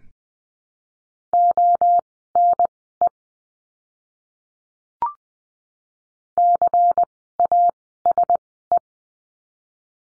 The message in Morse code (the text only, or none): ONE CASE